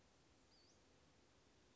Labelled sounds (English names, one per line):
Western Flycatcher